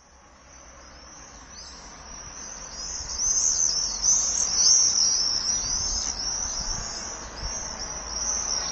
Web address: Common swift. صدای-پرنده-بادخورک-معمولی